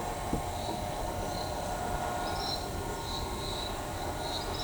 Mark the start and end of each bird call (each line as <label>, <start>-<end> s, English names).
Tropical Kingbird, 2.26-2.63 s